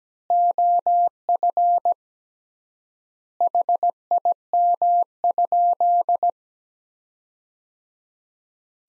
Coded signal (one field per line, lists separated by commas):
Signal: Morse code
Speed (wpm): 17 wpm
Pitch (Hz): 700 Hz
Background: none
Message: OF HIM?